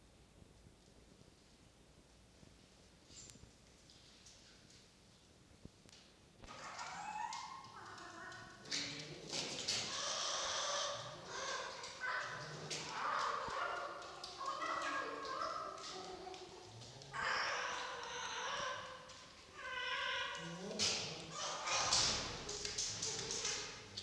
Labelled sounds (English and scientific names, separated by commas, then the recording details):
Red Fox (Vulpes vulpes)
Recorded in captivity
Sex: female
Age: adult
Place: Zoologisches Institut der HUB, Berlin, DE
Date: 1953-01-13 19:25
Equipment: Elmetra
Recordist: Tembrock, Günter